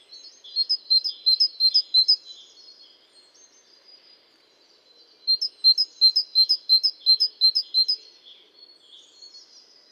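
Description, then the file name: Great tit giving two separate runs of sharp, high-pitched chirps, each note evenly spaced, with faint soft twittering in the pauses. "Parus major"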